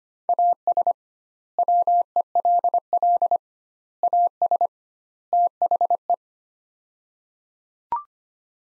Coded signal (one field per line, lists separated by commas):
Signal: Morse code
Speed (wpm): 25 wpm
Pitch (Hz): 700 Hz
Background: none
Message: AS WELL AS THE